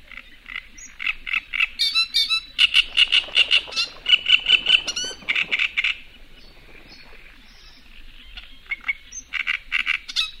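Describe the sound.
Great reed warbler song of harsh, rhythmic, repeated grating notes mixed with squeakier ones, pausing for a few seconds before resuming.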